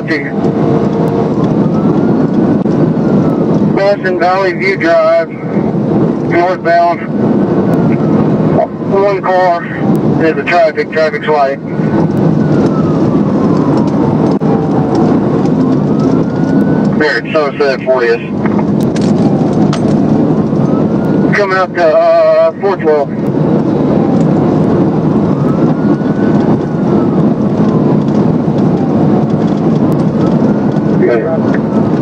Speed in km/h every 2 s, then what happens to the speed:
174, 177, 177, 177, 169, 163, 153, 158, 167, 174, 177, 166, 161, 171, 177, 180.
0-6 steady at about 177. 6-12 brakes to 153. 12-19 speeds up to 177. 19-23 slows to 161. 23-29 speeds up to 180.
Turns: none.